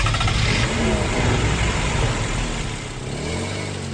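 Engines start and rev in a loud, continuous roar, with deep rumbling tones that rise and fall a little over four seconds. No one speaks.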